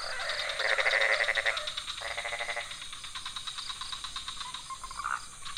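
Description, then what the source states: Frogs in a mixed pond chorus of rapid, overlapping pulsed croaks. Several frog species in a pond near a hotel in Ubud, Bali, Indonesia, at night; Sony PCM D50 recorder, Rode NT4 microphone on boompole.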